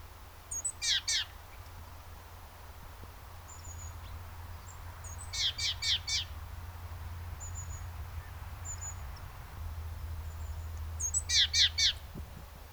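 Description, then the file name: Great tit song in three bursts of two-note phrases repeated three or four times, separated by pauses, over a low steady rumble. "Parus major"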